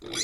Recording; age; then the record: pig call; weaner (32 to 43 days)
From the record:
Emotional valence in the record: negative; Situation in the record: long isolation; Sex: female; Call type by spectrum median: high-frequency call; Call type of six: mixed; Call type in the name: high-frequency modulated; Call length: 0.24 s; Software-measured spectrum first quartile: 2305 Hz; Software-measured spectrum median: 4119 Hz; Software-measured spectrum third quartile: 6100 Hz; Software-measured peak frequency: 5958 Hz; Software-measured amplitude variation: 131 dB a second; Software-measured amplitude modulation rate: 18.9 a second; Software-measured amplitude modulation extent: 7.0 dB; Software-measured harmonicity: 2.6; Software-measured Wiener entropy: -2.74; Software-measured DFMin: 1022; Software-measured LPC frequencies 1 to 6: 1480, 2182, 3409, 4051, 4863, 5969 Hz